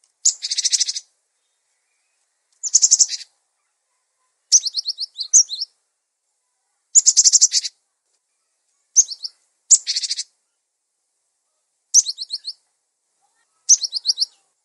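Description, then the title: Songbird: small bird giving dense buzzy trills and short bursts of high chirps, several phrases throughout. Masteran recording for training songbirds. "Master Burung Jos"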